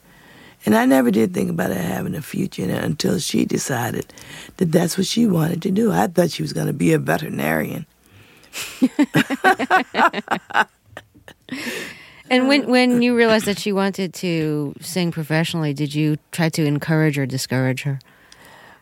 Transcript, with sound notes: And I never did think about her having a future in it until she decided that that's what she wanted to do. I thought she was going to be a veterinarian.
(LAUGHTER)
And when you realized that she wanted to sing professionally, did you try to encourage or discourage her?